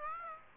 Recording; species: mosquito wingbeat signal from an infrared sensor; Aedes aegypti